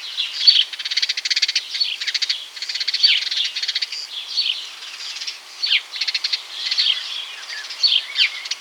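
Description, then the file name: House sparrows chirping: a dense, continuous chorus of overlapping bright chirps, broken by short buzzy rattling bursts throughout. "Passer domesticus"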